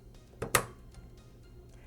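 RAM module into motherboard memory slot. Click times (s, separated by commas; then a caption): 0.4 s, 0.6 s. A RAM stick, lined up by its notch, is pushed into a motherboard memory slot until the retaining tabs on both sides click into place. Two sharp clicks sound at 0.4 s and 0.6 s, the second louder, over quiet background music, and the module is seated.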